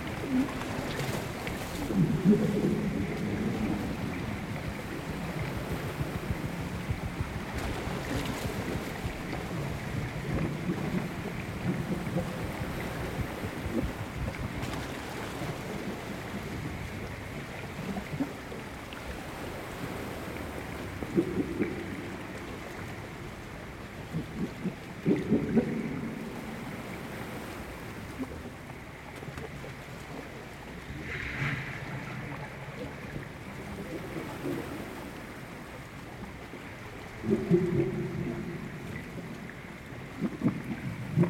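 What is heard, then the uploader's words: Grey seals swim around a small boat's hull, recorded underwater. A steady low murmur of water fills the clip, broken by swelling low groans and thumps near 2, 13, 21, 25 and 38 seconds, with a faint constant whine above. Underwater with grey seals in the Outer Hebrides. We're on a boat in the Outer Hebrides at anchor near a small island. An underwater microphone captures grey seals swimming around the hull of the small boat while a full moon hangs in the still night. Recorded by musician David de la Haye.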